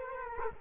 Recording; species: mosquito wingbeat signal from an infrared sensor; Culex quinquefasciatus